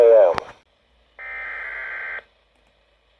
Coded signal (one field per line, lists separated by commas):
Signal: Emergency Alert System (SAME) tones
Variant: header bursts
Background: speech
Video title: Summers, Severe Weather... EAS Alerts EAS #13 - EAS #24 (EAS Compilation #3)